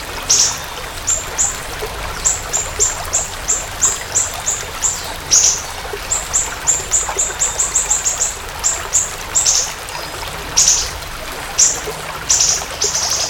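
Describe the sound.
Siri-siri bird song of rapid high, piercing notes strung in steady series, with several louder rasping chirps mixed in.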